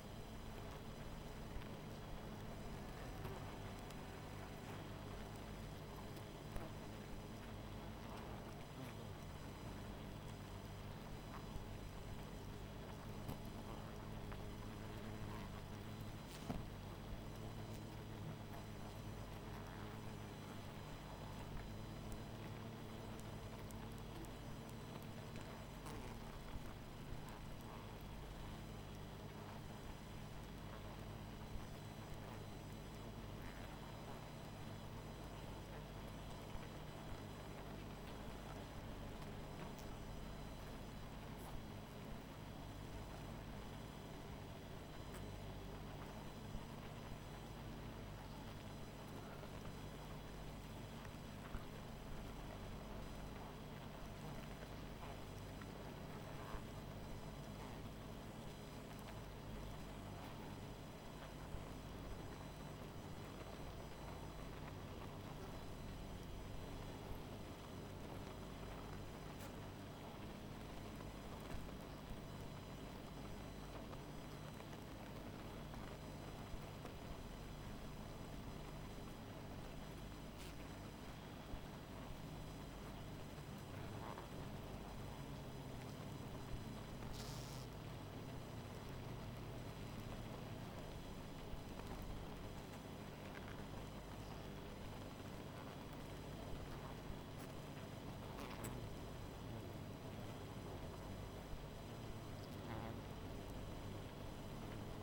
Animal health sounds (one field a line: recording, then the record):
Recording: honeybee colony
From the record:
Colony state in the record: missing queen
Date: 14 July 2017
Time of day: 20:11